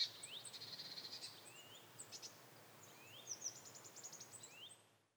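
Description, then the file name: Eurasian blue tit calling softly: thin, rising notes mixed with rapid, high buzzy trills, repeated in short bursts over a faint hiss. "Cyanistes caeruleus"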